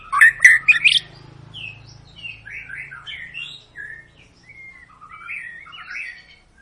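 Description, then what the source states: White-rumped shama singing, opening with loud harsh chattering notes, then a flowing string of slurred whistles rising and falling, with a low hum underneath. Long, vigorous lure song (pancingan) of a singing white-rumped shama, used to make other birds sing.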